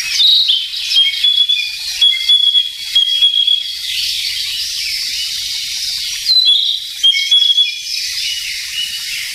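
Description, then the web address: Narcissus flycatcher song: bursts of bright whistled notes at the start and again later, separated by a stretch of constant insect buzzing. "sikioto. kibitaki"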